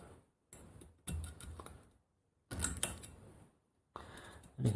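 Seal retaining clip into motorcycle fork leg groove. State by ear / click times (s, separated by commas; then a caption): seated / 1.1 s, 2.6 s, 2.8 s. A steel seal retaining clip is slid down a Ducati 899 motorcycle fork leg and pressed into its groove above the new fork seal. Sharp metallic clicks sound at about 1.1, 2.6 and 2.8 seconds among softer handling noise. The clip has clicked home properly all the way around.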